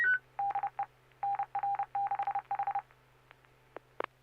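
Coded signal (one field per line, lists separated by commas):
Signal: Morse code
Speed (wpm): 30 wpm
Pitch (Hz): 800 Hz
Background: none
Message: DE NR6H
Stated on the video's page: Morse code ident on an FM repeater at 441.30 MHz during a weekly SSTV net.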